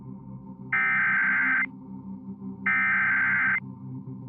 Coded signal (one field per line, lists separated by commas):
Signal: Emergency Alert System (SAME) tones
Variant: header bursts